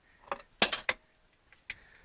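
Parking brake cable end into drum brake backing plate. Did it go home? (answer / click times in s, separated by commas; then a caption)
yes / 0.6 s. On the rear drum brake assembly of a 1957 Chevy, the parking brake (E-brake) cable end is fed through the hole in the backing plate from the back and pushed until it seats. A run of sharp metallic clicks and rattles rises to the loudest snap at 0.6 s, followed by two more hits before 0.9 s, then two faint knocks at 1.5 s and 1.7 s. The cable end snaps into place at 0.6 s.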